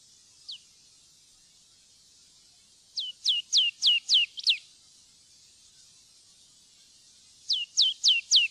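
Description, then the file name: Marsh tit giving a single clear, high, down-slurred whistle, a pause, then quick runs of several similar notes with a pause between the runs. "loevmeis"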